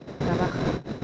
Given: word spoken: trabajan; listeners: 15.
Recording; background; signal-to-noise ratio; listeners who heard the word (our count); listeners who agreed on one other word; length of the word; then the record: one Spanish word in noise, from a listening test; noise modulated by three-talker babble; -4.9 dB; 1 of 15; 8 of 15; 0.64 s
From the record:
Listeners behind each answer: 8, 6, 1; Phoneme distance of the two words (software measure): 17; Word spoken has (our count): 3 syllables, 8 phonemes, stress on syllable 2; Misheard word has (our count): 3 syllables, 7 phonemes, stress on syllable 2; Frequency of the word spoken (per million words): 26.92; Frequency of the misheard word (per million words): 507.85